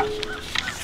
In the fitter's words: there you go right here so that just locks in place once you get it to where you want it and it's not going to move it all